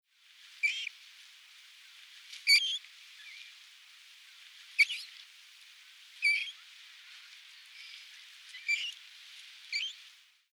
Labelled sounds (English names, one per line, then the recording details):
Common Moorhen
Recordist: Tembrock, Günter
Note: Rufe von Jungvögeln